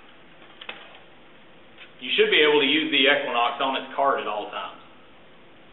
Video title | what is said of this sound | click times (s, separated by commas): SeQual eQuinox Out of the Box MultiDoctorShop.com | As you pull upward, you can feel it click in place to lock in place if you want to leave it on that setting or height. | 0.6 s, 0.7 s